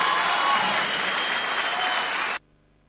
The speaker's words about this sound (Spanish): fuerte aplauso para ellos dos.